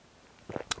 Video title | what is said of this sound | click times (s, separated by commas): 24. Model railroad control panels pt 3, Finishing the build and adding switches and LEDs | the LED into the skirt first like so it just pops right in there | 0.7 s